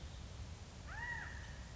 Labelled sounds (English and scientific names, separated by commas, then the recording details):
California Quail (Callipepla californica)
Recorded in Sonoma County, California